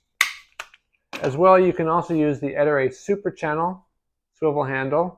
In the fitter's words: this snaps into place away you go ready for action